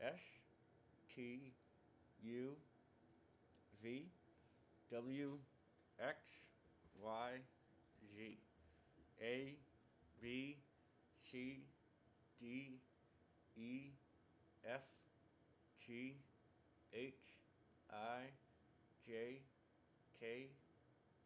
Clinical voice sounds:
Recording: letters of the alphabet, spoken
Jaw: constrained by a bite bar between the teeth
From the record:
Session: first day, right after the free take

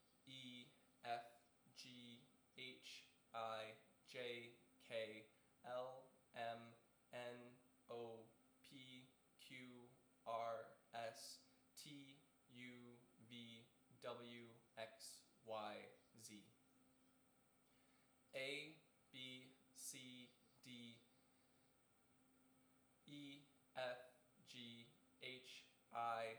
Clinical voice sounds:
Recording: letters of the alphabet, spoken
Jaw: free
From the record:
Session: seven days later

